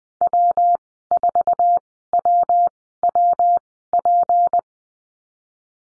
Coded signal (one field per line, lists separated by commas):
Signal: Morse code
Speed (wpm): 20 wpm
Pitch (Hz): 700 Hz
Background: none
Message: W4WWP